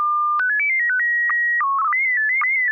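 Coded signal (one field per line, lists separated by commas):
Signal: SSTV (slow-scan television)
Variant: PD 120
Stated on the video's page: Morse during an amateur SSTV net on an FM repeater at 441.300 MHz.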